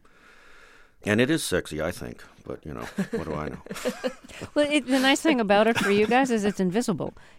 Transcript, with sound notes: so - and it is sexy, I think. But, you know, what do I know?
(LAUGHTER)
Well, the nice thing about it for you guys is it's invisible.